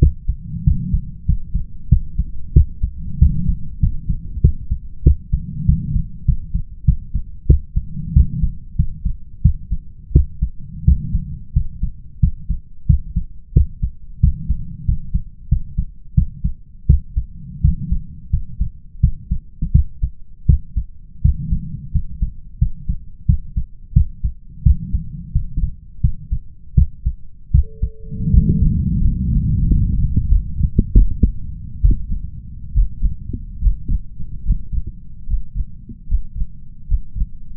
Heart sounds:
heart sounds by stethoscope; 86 bpm
0.63 s: heartbeat
1.25 s: heartbeat
1.88 s: heartbeat
2.53 s: heartbeat
3.18 s: heartbeat
3.79 s: heartbeat
4.41 s: heartbeat
5.03 s: heartbeat
5.65 s: heartbeat
6.25 s: heartbeat
6.84 s: heartbeat
7.46 s: heartbeat
8.13 s: heartbeat
8.75 s: heartbeat
9.41 s: heartbeat
10.12 s: heartbeat
10.84 s: heartbeat
11.52 s: heartbeat
12.19 s: heartbeat
12.86 s: heartbeat
13.52 s: heartbeat
14.19 s: heartbeat
14.84 s: heartbeat
15.48 s: heartbeat
16.14 s: heartbeat
16.86 s: heartbeat
17.61 s: heartbeat
18.30 s: heartbeat
19.00 s: heartbeat
19.71 s: heartbeat
20.45 s: heartbeat
21.21 s: heartbeat
21.91 s: heartbeat
22.58 s: heartbeat
23.25 s: heartbeat
23.92 s: heartbeat
24.62 s: heartbeat
25.31 s: heartbeat
26.00 s: heartbeat
26.74 s: heartbeat
27.51 s: heartbeat
28.30 s: heartbeat
29.00 s: heartbeat
29.67 s: heartbeat
30.27 s: heartbeat
30.92 s: heartbeat
31.80 s: heartbeat
32.72 s: heartbeat
33.59 s: heartbeat
34.43 s: heartbeat
35.26 s: heartbeat
36.06 s: heartbeat
36.86 s: heartbeat
From the record:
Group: healthy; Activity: rest 0-27 s, Valsalva maneuver 27-38 s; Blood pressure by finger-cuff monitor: 142/77 mmHg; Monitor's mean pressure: 100 mmHg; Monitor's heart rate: 87 bpm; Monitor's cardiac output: 7.6 L/min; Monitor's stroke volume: 88 mL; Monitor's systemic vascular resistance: 980 dyn s/cm5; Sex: male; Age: 21 years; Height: 180 cm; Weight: 67.5 kg

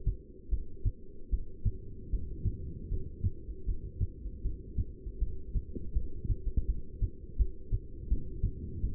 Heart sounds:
heart sounds by stethoscope; 79 bpm
0.50 s: heartbeat
1.31 s: heartbeat
2.11 s: heartbeat
2.90 s: heartbeat
3.66 s: heartbeat
4.43 s: heartbeat
5.20 s: heartbeat
5.94 s: heartbeat
6.67 s: heartbeat
7.38 s: heartbeat
8.09 s: heartbeat
8.81 s: heartbeat
From the record:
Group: heart failure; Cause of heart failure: non-ischemic cardiomyopathy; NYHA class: 1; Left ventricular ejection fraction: 62%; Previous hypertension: present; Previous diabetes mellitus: present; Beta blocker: bisoprolol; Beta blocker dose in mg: 10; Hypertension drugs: sacubitril-valsartan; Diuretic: furosemide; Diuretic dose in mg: 20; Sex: male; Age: 49 years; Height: 167 cm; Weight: 110 kg

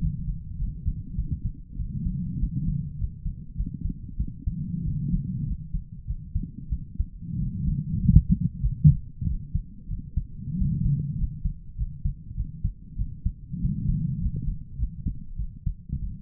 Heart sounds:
heart sounds by stethoscope; 97 bpm
0.00 s: heartbeat
0.58 s: heartbeat
1.17 s: heartbeat
1.78 s: heartbeat
2.39 s: heartbeat
2.98 s: heartbeat
3.56 s: heartbeat
4.18 s: heartbeat
4.84 s: heartbeat
5.46 s: heartbeat
6.07 s: heartbeat
6.71 s: heartbeat
7.39 s: heartbeat
8.01 s: heartbeat
8.63 s: heartbeat
9.26 s: heartbeat
9.89 s: heartbeat
10.58 s: heartbeat
11.18 s: heartbeat
11.77 s: heartbeat
12.36 s: heartbeat
12.97 s: heartbeat
13.60 s: heartbeat
14.20 s: heartbeat
14.77 s: heartbeat
15.37 s: heartbeat
16.01 s: heartbeat
From the record:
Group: healthy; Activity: rest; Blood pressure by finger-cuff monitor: 139/59 mmHg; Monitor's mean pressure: 86 mmHg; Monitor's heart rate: 98 bpm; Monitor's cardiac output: 8.9 L/min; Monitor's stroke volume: 93 mL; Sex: female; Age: 22 years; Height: 160 cm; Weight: 63 kg

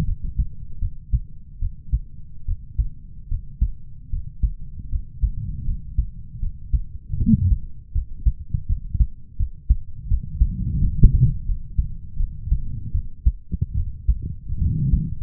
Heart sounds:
heart sounds by stethoscope; 78 bpm
0.05 s: heartbeat
0.80 s: heartbeat
1.60 s: heartbeat
2.46 s: heartbeat
3.29 s: heartbeat
4.10 s: heartbeat
4.89 s: heartbeat
5.65 s: heartbeat
6.39 s: heartbeat
7.17 s: heartbeat
7.92 s: heartbeat
8.66 s: heartbeat
9.36 s: heartbeat
10.08 s: heartbeat
10.81 s: heartbeat
11.45 s: heartbeat
12.17 s: heartbeat
12.92 s: heartbeat
13.74 s: heartbeat
14.59 s: heartbeat
From the record:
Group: healthy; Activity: rest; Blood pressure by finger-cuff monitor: 86/61 mmHg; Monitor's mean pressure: 68 mmHg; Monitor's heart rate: 80 bpm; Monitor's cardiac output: 6 L/min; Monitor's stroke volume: 77 mL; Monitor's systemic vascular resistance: 770 dyn s/cm5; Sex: male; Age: 20 years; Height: 187 cm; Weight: 68.9 kg

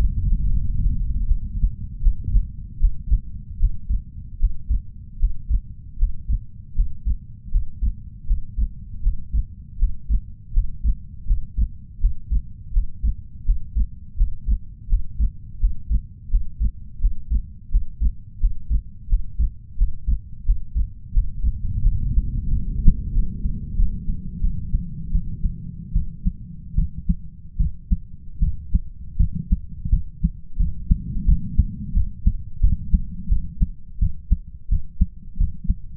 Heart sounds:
heart sounds by stethoscope; 83 bpm
0.48 s: heartbeat
1.26 s: heartbeat
2.01 s: heartbeat
2.79 s: heartbeat
3.59 s: heartbeat
4.39 s: heartbeat
5.18 s: heartbeat
5.97 s: heartbeat
6.74 s: heartbeat
7.50 s: heartbeat
8.26 s: heartbeat
9.02 s: heartbeat
9.78 s: heartbeat
10.53 s: heartbeat
11.26 s: heartbeat
12.00 s: heartbeat
12.72 s: heartbeat
13.45 s: heartbeat
14.16 s: heartbeat
14.88 s: heartbeat
15.59 s: heartbeat
16.30 s: heartbeat
17.00 s: heartbeat
17.70 s: heartbeat
18.40 s: heartbeat
19.08 s: heartbeat
19.77 s: heartbeat
20.45 s: heartbeat
21.13 s: heartbeat
21.81 s: heartbeat
22.48 s: heartbeat
23.13 s: heartbeat
23.76 s: heartbeat
24.41 s: heartbeat
25.12 s: heartbeat
25.93 s: heartbeat
26.75 s: heartbeat
27.57 s: heartbeat
28.40 s: heartbeat
29.17 s: heartbeat
29.90 s: heartbeat
30.57 s: heartbeat
31.26 s: heartbeat
31.94 s: heartbeat
32.61 s: heartbeat
33.29 s: heartbeat
34.00 s: heartbeat
34.70 s: heartbeat
35.38 s: heartbeat
From the record:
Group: healthy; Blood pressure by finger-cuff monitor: 110/68 mmHg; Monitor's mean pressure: 80 mmHg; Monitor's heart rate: 84 bpm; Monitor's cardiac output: 7.3 L/min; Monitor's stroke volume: 86 mL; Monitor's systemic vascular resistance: 800 dyn s/cm5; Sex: male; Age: 33 years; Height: 179 cm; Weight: 80.4 kg

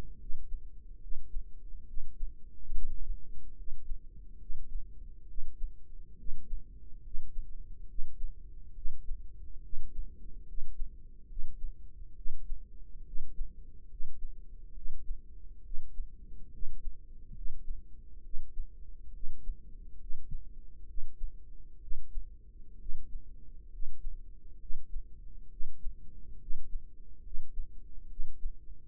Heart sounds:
heart sounds by microphone in the right ear; 69 bpm
0.19 s: heartbeat
1.01 s: heartbeat
1.87 s: heartbeat
2.74 s: heartbeat
3.57 s: heartbeat
4.40 s: heartbeat
5.28 s: heartbeat
6.18 s: heartbeat
7.04 s: heartbeat
7.88 s: heartbeat
8.75 s: heartbeat
9.63 s: heartbeat
10.47 s: heartbeat
11.28 s: heartbeat
12.16 s: heartbeat
13.05 s: heartbeat
13.90 s: heartbeat
14.75 s: heartbeat
15.64 s: heartbeat
16.52 s: heartbeat
17.35 s: heartbeat
18.23 s: heartbeat
19.13 s: heartbeat
19.99 s: heartbeat
20.87 s: heartbeat
21.81 s: heartbeat
22.79 s: heartbeat
23.71 s: heartbeat
24.60 s: heartbeat
25.50 s: heartbeat
26.40 s: heartbeat
27.23 s: heartbeat
28.09 s: heartbeat
From the record:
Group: healthy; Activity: rest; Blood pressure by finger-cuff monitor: 135/90 mmHg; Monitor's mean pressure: 102 mmHg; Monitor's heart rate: 69 bpm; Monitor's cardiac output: 7.1 L/min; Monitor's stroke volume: 103 mL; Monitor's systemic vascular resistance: 1060 dyn s/cm5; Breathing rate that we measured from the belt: 18 breaths a minute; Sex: male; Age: 30 years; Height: 188 cm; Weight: 110.2 kg

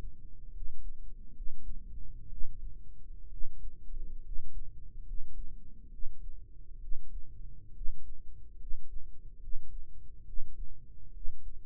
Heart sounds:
heart sounds by microphone in the right ear; 68 bpm
0.48 s: heartbeat
1.30 s: heartbeat
2.26 s: heartbeat
3.26 s: heartbeat
4.19 s: heartbeat
5.01 s: heartbeat
5.87 s: heartbeat
6.77 s: heartbeat
7.70 s: heartbeat
8.54 s: heartbeat
9.36 s: heartbeat
10.22 s: heartbeat
11.10 s: heartbeat
From the record:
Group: healthy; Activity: rest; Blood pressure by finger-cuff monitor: 107/55 mmHg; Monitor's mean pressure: 65 mmHg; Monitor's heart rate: 71 bpm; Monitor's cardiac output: 7.6 L/min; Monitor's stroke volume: 114 mL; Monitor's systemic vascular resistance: 590 dyn s/cm5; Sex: male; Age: 22 years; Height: 185 cm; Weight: 112.4 kg

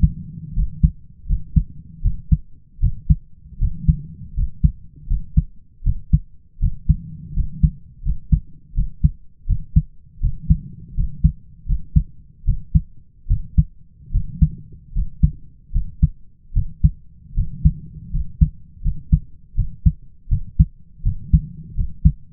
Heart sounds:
heart sounds by stethoscope; 79 bpm
0.54 s: heartbeat
1.26 s: heartbeat
2.02 s: heartbeat
2.80 s: heartbeat
3.59 s: heartbeat
4.34 s: heartbeat
5.07 s: heartbeat
5.83 s: heartbeat
6.59 s: heartbeat
7.34 s: heartbeat
8.03 s: heartbeat
8.74 s: heartbeat
9.46 s: heartbeat
10.20 s: heartbeat
10.94 s: heartbeat
11.66 s: heartbeat
12.45 s: heartbeat
13.27 s: heartbeat
14.11 s: heartbeat
14.93 s: heartbeat
15.72 s: heartbeat
16.53 s: heartbeat
17.34 s: heartbeat
18.11 s: heartbeat
18.82 s: heartbeat
19.55 s: heartbeat
20.28 s: heartbeat
21.03 s: heartbeat
21.75 s: heartbeat
From the record:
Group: healthy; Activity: rest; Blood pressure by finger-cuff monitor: 100/55 mmHg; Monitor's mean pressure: 66 mmHg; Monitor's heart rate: 80 bpm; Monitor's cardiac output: 6 L/min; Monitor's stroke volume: 75 mL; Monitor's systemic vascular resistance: 810 dyn s/cm5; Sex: male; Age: 20 years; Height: 167 cm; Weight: 61 kg

